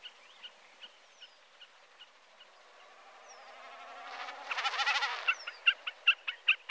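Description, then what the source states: Common snipe with evenly spaced ticking calls, then a brief pulsing, bleating drum in the middle, followed by louder repeated chip notes. Recorded on a family cabin trip.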